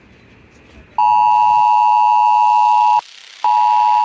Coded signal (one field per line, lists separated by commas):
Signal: Emergency Alert System (SAME) tones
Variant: 853 and 960 Hz attention tone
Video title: CONTROLLED CHAOS III... 🌪 | EAS Alerts from July 20, 2022 (EAS #1,261-1,296)